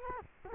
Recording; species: mosquito wingbeat signal from an infrared sensor; Culex quinquefasciatus